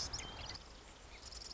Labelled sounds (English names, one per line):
Marsh Wren